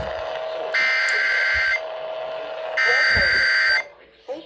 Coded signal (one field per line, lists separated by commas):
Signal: Emergency Alert System (SAME) tones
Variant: header bursts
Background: speech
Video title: The Flood Bowl of Alerts | EAS's #808-862 from July 14th, 2025.